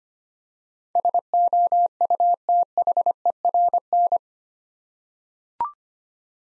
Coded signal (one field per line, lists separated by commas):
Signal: Morse code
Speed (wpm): 25 wpm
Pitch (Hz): 700 Hz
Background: none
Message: SOUTHERN